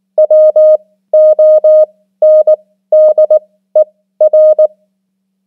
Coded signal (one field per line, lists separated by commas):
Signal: Morse code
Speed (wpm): 19 wpm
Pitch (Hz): 620 Hz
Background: none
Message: WONDER